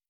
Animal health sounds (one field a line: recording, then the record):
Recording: hydrophone in a shrimp aquaculture tank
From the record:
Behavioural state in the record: normal